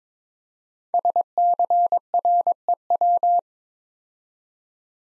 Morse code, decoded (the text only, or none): SCREW